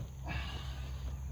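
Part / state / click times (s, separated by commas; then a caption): rear seat latch into floor striker of a truck / not seated / none. The folded rear bench seat of a 1980 Bronco, fitted with a rear shoulder belt upgrade, is handled as it is pushed back down toward its floor striker. There is a steady low rumble with a broad rustling swell from about 0.3 seconds onward. The seat latch has not clicked or seated into the floor mount yet.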